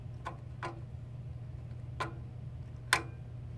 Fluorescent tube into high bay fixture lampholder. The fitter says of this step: see you hear a click that's you know the thing is a fixed properly so